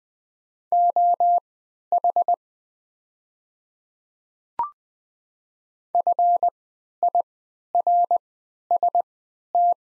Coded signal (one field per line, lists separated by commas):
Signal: Morse code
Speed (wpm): 21 wpm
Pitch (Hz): 700 Hz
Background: none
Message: OH FIRST